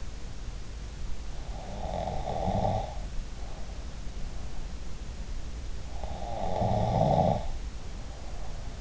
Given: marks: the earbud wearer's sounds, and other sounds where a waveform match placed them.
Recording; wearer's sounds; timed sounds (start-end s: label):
sounds in sleep by an in-ear microphone; snoring breath
1.47-3.99 s: snoring breath
5.94-8.81 s: snoring breath